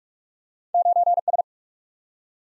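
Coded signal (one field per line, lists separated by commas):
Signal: Morse code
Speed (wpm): 44 wpm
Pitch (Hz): 700 Hz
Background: none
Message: 9 S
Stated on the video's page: Morse head-copy drill at 45 wpm of random two-character letter and number combinations, each sent, spoken, then sent again.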